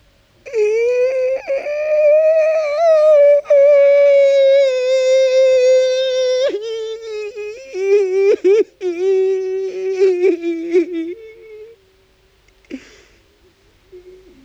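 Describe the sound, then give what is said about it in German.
A man weeping, his breath quickening, lets out a long, loud wailing moan that holds a steady, fairly high pitch for several seconds, then wavers and breaks into choppy, sob-like catches before trailing off into a faint whimper. “Wasser läuft aus den Augen. Der Atem wird schneller, aus dem Mund kommt ihm ein langer Klageweibton.”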